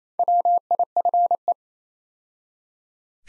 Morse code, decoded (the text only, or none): WIFE